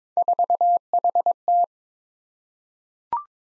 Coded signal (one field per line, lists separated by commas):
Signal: Morse code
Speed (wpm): 22 wpm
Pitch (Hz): 700 Hz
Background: none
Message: 4HT